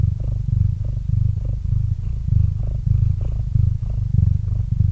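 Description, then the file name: Cat purr, steady and low, with rhythmic rumbling beats, continuous with no other sounds. Domestic cat named Murchik purring into a microphone. "Kot Murchik - Murchanie kota kot murchal v mikrofon"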